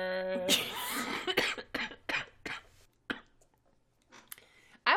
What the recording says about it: I did not have a cough until about 15 minutes before we started recording.